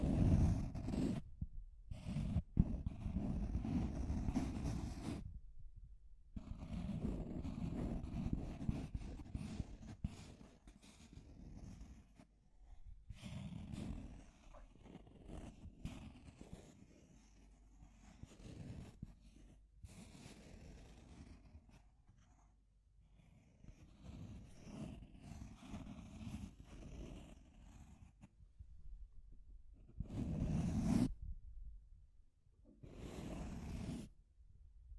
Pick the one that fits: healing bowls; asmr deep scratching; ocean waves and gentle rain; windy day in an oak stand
asmr deep scratching